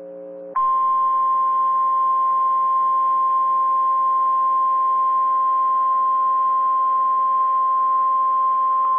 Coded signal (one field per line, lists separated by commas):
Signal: Emergency Alert System (SAME) tones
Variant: 1050 Hz attention tone